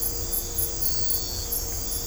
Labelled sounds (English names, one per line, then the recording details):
none
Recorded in dense forest near Puerto Asís, Putumayo, Colombia, on 22 December 2024 at 01:30
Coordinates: 0.503, -76.323
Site G043